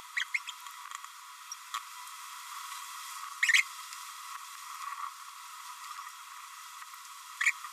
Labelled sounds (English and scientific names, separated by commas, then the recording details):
Green-rumped Parrotlet (Forpus passerinus) babbling
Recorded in a nest box in Venezuela
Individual 18B25A4